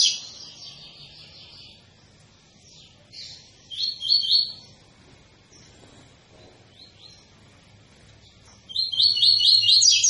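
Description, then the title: Double-collared seedeater song, high warbled trills at the start, scattered short phrases, then a loud rapid trill near the end. Tui-tui song type from a 'fibra' bird; teacher song (canto professor) used for teaching young birds. "COLEIRO TUI TUI FIBRA CANTO PROFESSOR"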